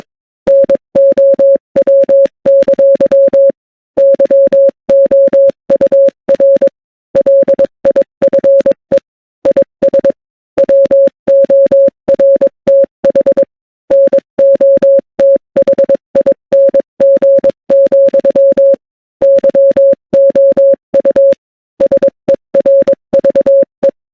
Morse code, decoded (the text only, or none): NOW! YOUR LIFE IS WORTH NOTHING, YOU SERVE